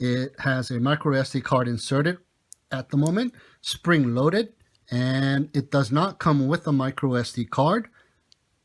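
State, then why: Seated. A plastic micro SD card is pushed into the spring-loaded card slot on the side of an Eachine DVR03, a small FPV video transmitter/DVR unit, while someone talks. A short, faint tick at 8.3 s marks the card clicking into place and seating.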